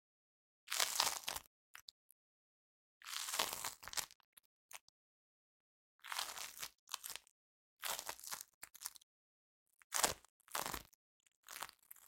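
Sticky floam being squeezed and pulled makes bursts of dense, bright crackling and popping, each lasting about half a second to a second. The bursts come in irregular clusters roughly every one to three seconds, with near silence between them.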